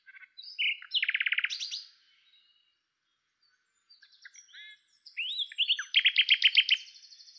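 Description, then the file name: Common nightingale song: a fast rattling trill of repeated notes, a pause, then rising whistles leading into another loud rapid repeated series. "Luscinia megarhynchos"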